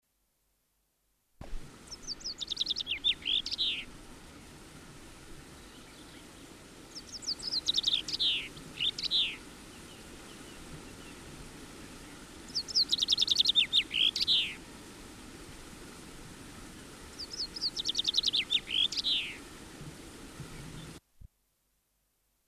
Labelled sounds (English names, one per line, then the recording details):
Common Chaffinch song
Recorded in the wild
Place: Garmisch-Partenkirchen, Bayern, DE
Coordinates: 47.5206, 11.0811
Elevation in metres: 847
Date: 1967-03-26
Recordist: Tretzel, Erwin